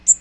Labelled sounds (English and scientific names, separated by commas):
Magnolia Warbler (Setophaga magnolia) flight call